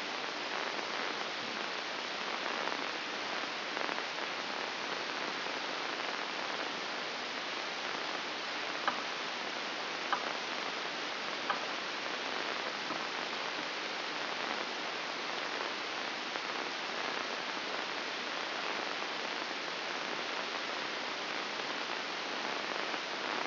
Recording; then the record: brain microelectrode recording played as sound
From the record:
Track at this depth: outside the subthalamic nucleus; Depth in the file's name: 7.46 mm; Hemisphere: left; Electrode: 2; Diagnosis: Parkinson's disease